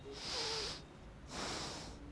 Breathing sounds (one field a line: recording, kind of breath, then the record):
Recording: one breath in and out by a microphone near the nose and mouth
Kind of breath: deep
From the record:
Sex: male